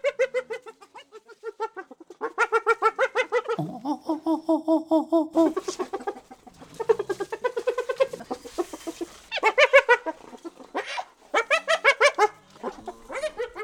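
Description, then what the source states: Spotted hyena giggling in rapid bursts of staccato, harmonic notes, several laughing bouts separated by short pauses, with a brief noisy passage midway. Giggle, heard mostly when hyenas are at carcasses; varies with the caller's hierarchical rank; not actually laughter.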